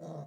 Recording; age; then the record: pig call; piglet (1 to 25 days)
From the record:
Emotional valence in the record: negative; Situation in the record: long isolation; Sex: male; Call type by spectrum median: low-frequency call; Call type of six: low-frequency stable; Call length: 0.27 s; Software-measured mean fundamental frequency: 52 Hz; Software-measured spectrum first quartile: 170 Hz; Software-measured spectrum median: 363 Hz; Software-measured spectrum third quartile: 636 Hz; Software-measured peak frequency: 159 Hz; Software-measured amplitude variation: 94 dB a second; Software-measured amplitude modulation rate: 20.6 a second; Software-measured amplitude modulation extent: 4.5 dB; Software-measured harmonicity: 2.2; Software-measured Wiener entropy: -0.10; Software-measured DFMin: 1283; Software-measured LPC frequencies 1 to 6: 612, 3791, 5738, 6487, 8281, 10046 Hz